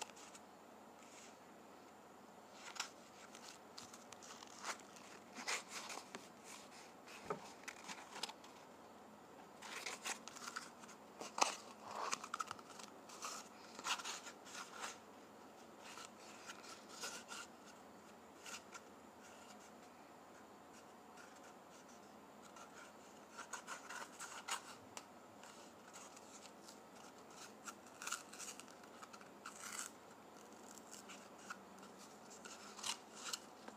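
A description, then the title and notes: Toilet paper rustles and crinkles in irregular bursts of dry, scratchy handling, busiest early and around the middle, with quieter pauses between. ASMR Toilet Paper.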